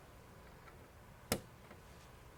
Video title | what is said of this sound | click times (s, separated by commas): Tchipie Rhinestone License Plate Frame Review | click into place and your job is done | 1.3 s